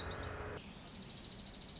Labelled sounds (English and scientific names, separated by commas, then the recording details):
Dark-eyed Junco (Junco hyemalis)
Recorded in Sonoma County, California